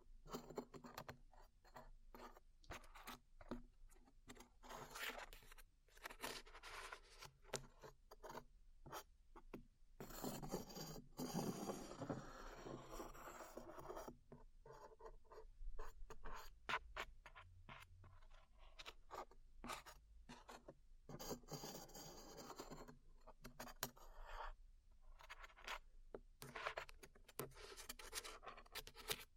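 Peeling glue off ears: sticky, crackling scrapes and rubs come in bursts throughout, with a denser, louder stretch of tearing friction around ten to fourteen seconds. Between bursts there are short pauses and sharp clicks, over a low steady hum.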